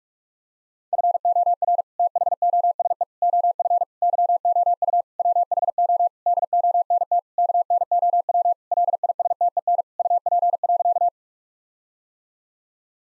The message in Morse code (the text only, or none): FOR THOSE OF YOU WHO DONT KNOW LISTEN UP.